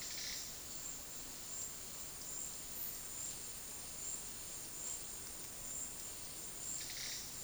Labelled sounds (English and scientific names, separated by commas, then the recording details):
none
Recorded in dense forest near Puerto Asís, Putumayo, Colombia, on 20 February 2024 at 13:30
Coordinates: 0.466, -76.327
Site G6413